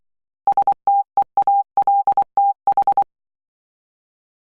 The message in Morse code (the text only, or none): STEALTH